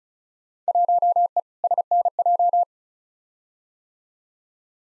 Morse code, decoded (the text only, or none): 1E SNJ